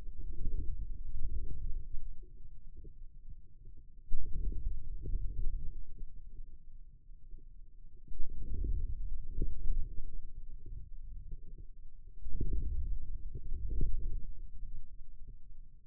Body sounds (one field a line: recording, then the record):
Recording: forearm muscle sounds (acoustic myography)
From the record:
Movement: inward rotation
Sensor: system 2, bracelet of six BSWA MPA416 microphones around the upper forearm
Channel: 2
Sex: male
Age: 22 years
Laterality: right